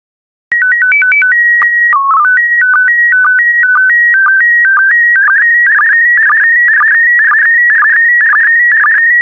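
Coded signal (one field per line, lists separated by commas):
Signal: SSTV (slow-scan television)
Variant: PD120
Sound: stepped beeping tones, then a continuous warbling, chirping scan tone with regular ticks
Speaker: the next image transmission will start in 10 seconds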